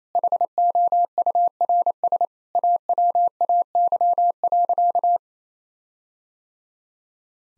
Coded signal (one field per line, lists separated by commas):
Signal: Morse code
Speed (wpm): 27 wpm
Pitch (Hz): 700 Hz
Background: none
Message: HOURS AWAY.